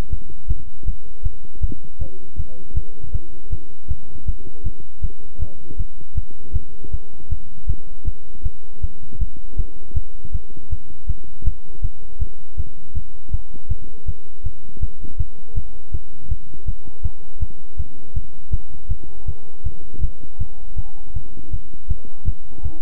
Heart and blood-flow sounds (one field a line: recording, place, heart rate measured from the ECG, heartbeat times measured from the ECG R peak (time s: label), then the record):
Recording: heart sounds by stethoscope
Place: between the tricuspid and mitral areas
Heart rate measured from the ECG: 160 bpm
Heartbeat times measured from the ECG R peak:
0.11 s: heartbeat
0.48 s: heartbeat
0.86 s: heartbeat
1.23 s: heartbeat
1.61 s: heartbeat
1.99 s: heartbeat
2.37 s: heartbeat
2.75 s: heartbeat
3.13 s: heartbeat
3.50 s: heartbeat
3.89 s: heartbeat
4.26 s: heartbeat
4.64 s: heartbeat
5.02 s: heartbeat
5.40 s: heartbeat
5.78 s: heartbeat
6.15 s: heartbeat
6.54 s: heartbeat
6.92 s: heartbeat
7.30 s: heartbeat
7.67 s: heartbeat
8.05 s: heartbeat
8.44 s: heartbeat
8.82 s: heartbeat
9.19 s: heartbeat
9.57 s: heartbeat
9.94 s: heartbeat
10.33 s: heartbeat
10.70 s: heartbeat
11.08 s: heartbeat
11.45 s: heartbeat
11.82 s: heartbeat
12.19 s: heartbeat
12.58 s: heartbeat
12.95 s: heartbeat
13.32 s: heartbeat
13.69 s: heartbeat
14.06 s: heartbeat
14.44 s: heartbeat
14.81 s: heartbeat
15.18 s: heartbeat
15.55 s: heartbeat
15.92 s: heartbeat
16.29 s: heartbeat
16.66 s: heartbeat
17.03 s: heartbeat
17.40 s: heartbeat
17.78 s: heartbeat
18.14 s: heartbeat
18.51 s: heartbeat
18.89 s: heartbeat
19.26 s: heartbeat
19.64 s: heartbeat
20.01 s: heartbeat
20.39 s: heartbeat
20.77 s: heartbeat
21.14 s: heartbeat
21.51 s: heartbeat
21.88 s: heartbeat
22.26 s: heartbeat
22.63 s: heartbeat
From the record:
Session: bicycle stress test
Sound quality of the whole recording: good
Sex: male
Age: 23 years